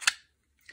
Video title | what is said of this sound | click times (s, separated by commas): What are The BEST EDC Wallets Worldwide ? Secrid vs Wingback vs Aviator vs Akeeni XSTO & MORE! | when it gets in there it has a little locking mechanism and it'll give a little click sound | 0.1 s